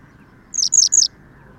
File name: Gele Kwikstaart Motacilla flava